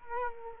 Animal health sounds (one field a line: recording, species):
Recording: mosquito wingbeat signal from an infrared sensor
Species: Culex quinquefasciatus